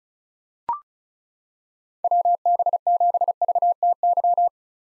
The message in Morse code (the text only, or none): WB7VTY